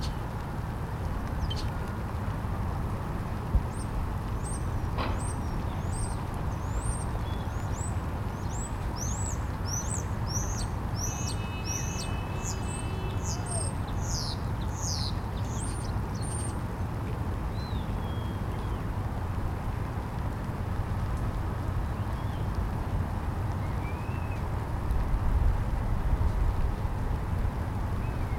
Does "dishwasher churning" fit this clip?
no